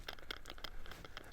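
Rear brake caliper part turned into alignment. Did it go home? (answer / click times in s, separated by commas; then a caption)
no / none. A rear brake caliper part on a 4th generation (2012-2016) Honda CR-V is turned counterclockwise into alignment, giving a light scraping rattle with a few brief sharp ticks. The part is only being handled, and nothing has seated or clicked into position yet.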